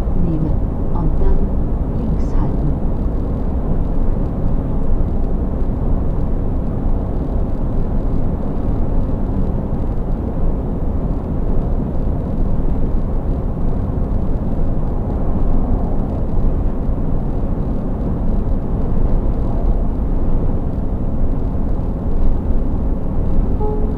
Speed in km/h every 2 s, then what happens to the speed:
98, 98, 98, 98, 98, 100, 98, 98, 98, 98, 98, 98.
0-24 steady at about 98.